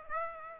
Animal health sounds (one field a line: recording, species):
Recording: mosquito wingbeat signal from an infrared sensor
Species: Aedes aegypti